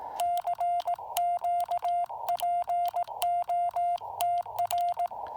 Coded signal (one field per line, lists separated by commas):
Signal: Morse code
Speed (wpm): 18 wpm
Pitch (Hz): 700 Hz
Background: none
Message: CQ POTR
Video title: POTA Field Report: Activating Lake James with the Yaesu FT-817ND and no ATU